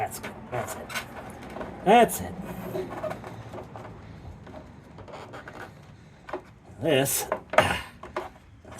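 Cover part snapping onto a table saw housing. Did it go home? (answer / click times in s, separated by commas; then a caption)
yes / 7.6 s. While reassembling a table saw, a cover part is fitted onto the saw's housing as someone talks, with light handling taps and knocks. It snaps into place with a sharp snap at 7.6 s, seating the back.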